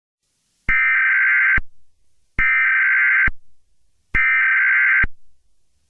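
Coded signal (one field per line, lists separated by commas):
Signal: Emergency Alert System (SAME) tones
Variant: header bursts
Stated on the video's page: Simulated EAS scenario about a catastrophe in Wyoming.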